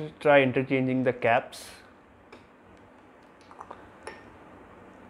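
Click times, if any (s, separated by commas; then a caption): 4.1 s. Someone talks, then swaps the plastic caps between two Rasasi Hawas perfume bottles and pushes one cap onto a bottle neck. A few faint ticks of handling come before a short, sharp click at 4.1 s as the cap seats on the bottle without any issue.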